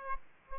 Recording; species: mosquito wingbeat signal from an infrared sensor; Aedes aegypti